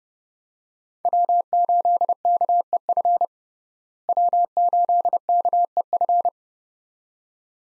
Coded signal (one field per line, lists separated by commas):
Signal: Morse code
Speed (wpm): 30 wpm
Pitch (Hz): 700 Hz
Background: none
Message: W8KEF W8KEF